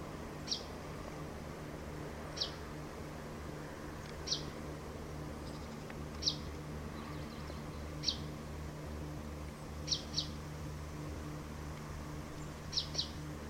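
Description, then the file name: Common chaffinch uttering brief sharp high notes at roughly two-second intervals, sometimes in quick pairs, against a constant low droning background. "Fringilla coelebs"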